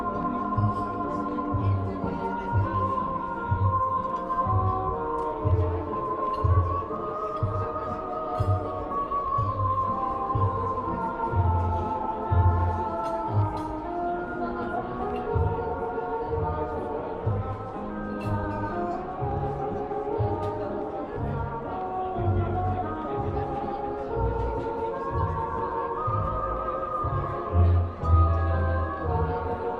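Oldie music plays in a coffee shop, a steady, even tune with a regular low bass pulse and sustained mid-range chords throughout. Light talking blends faintly underneath, never rising above the music, and the level stays constant for the whole stretch.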